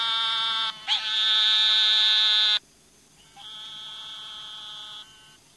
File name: Gastrophryne carolinensis - Eastern Narrowmouth Toad